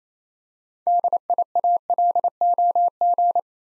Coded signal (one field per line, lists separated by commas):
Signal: Morse code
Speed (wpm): 27 wpm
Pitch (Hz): 700 Hz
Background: none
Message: DIALOG